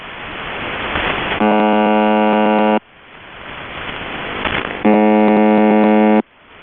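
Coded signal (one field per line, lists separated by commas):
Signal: channel marker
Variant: UVB-76 (The Buzzer)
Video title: The Buzzer (4625khz) - Live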